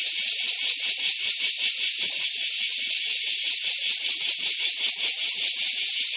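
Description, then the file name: Bear cicada song, a shrill rasping buzz pulsing in quick regular beats without pause, with light crackling clicks underneath. "Kumazemi"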